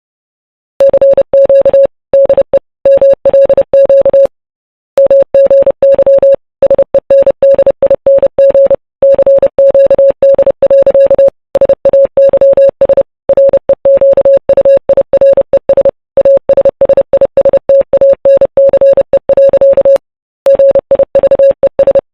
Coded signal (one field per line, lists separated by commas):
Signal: Morse code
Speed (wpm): 28 wpm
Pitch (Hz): 550 Hz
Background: none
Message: CQ DE MLQ MGY SENDING CQD. SAYS REQUIRES ASSISTANCE. GIVES